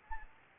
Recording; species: mosquito wingbeat signal from an infrared sensor; Anopheles gambiae